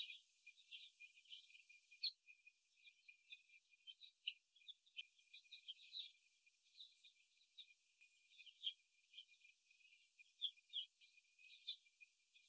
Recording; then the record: young laying hens in a cage, short pieces joined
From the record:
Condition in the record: after the stressor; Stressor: simulated dog barking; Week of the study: 1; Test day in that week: 2